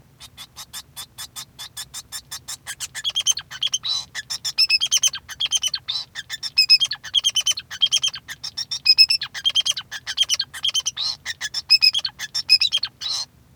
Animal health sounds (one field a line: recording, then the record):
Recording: song of a male Bengalese finch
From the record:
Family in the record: son of father 2